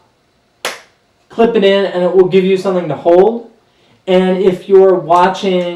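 An iPhone 6/6s in an Otterbox Defender (Glacier Series) case is clipped screen up into its plastic belt holster, which gives something to hold. A single loud, sharp snap at 0.6 s confirms it has seated. Someone talks afterward.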